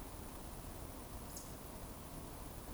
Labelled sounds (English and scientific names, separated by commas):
Eurasian Woodcock (Scolopax rusticola) whistle